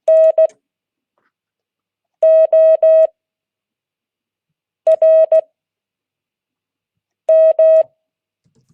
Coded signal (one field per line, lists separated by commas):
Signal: Morse code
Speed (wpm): 16 wpm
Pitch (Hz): 640 Hz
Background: none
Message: NORM